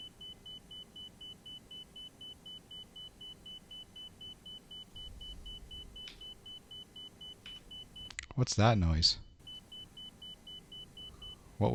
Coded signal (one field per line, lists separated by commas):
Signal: none